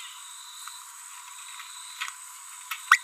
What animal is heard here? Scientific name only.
Forpus passerinus